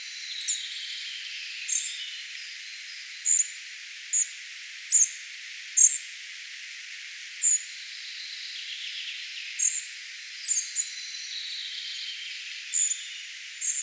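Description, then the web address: Spotted flycatcher giving short, high, squeaky notes at uneven gaps, with faint birdsong in the background. Singing, 4 June 2025. "paivat 4 6 2025 harmaasieppo laulaa"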